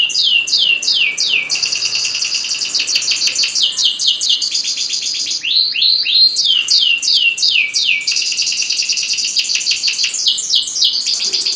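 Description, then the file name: Atlantic canary song: rapid falling chip series leading into long rolling trills and swooping whistles, continuous and high-pitched from start to finish. Domestic canary, standard type. "suara kicauan kenari standar. omkicau"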